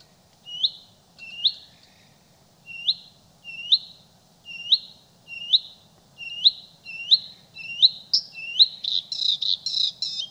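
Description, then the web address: Bluethroat song opening with a series of sharp repeated notes, ending in a rapid buzzy, rattling flourish. "soorten geluid Blauwborst"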